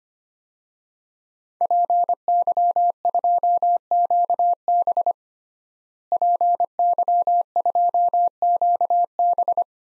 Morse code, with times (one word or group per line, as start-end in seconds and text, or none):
1.6-5.1 PY2QB
6.1-9.6 PY2QB